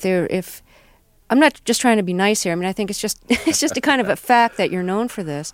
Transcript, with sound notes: If there - I'm not just trying to be nice here, I mean, I think it's just... (LAUGHTER) It's just a kind of a fact that you're known for this.